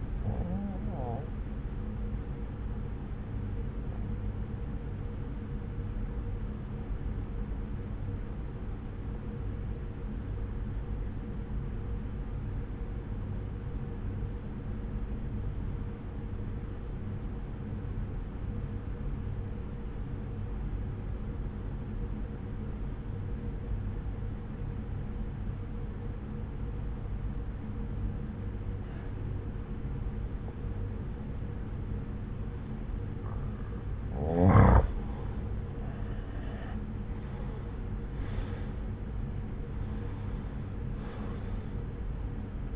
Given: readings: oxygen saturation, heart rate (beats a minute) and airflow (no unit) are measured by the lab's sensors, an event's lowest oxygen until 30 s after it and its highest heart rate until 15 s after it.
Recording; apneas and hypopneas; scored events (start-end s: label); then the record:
breathing in sleep by a smartphone at the bedside; 1
8.00-34.90 s: obstructive apnea (N1, oxygen 96% highest, then 84% lowest, heart rate 61 at the start, 71 highest)
From the record:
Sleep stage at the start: N1 (lightest sleep); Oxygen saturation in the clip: 84 to 96%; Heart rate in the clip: 61 to 71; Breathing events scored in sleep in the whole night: 303 in 8.1 hours asleep